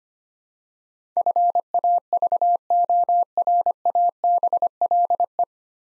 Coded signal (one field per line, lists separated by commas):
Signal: Morse code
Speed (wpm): 25 wpm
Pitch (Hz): 700 Hz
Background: none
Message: FAVORABLE